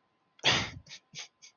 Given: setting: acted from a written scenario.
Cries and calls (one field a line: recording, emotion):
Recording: vocal sound without words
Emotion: sadness